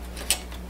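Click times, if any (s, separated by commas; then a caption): 0.3 s. An ink cartridge is slid into its slot in the cartridge bay of a Brother MFC-J5920DW inkjet printer until the gray latch flips up. One sharp click sounds at 0.3 s over a low steady hum. The cartridge is latched and locked home.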